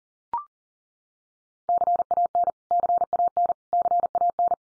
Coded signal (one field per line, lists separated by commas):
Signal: Morse code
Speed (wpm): 40 wpm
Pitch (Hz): 700 Hz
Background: none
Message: CAN CAN CAN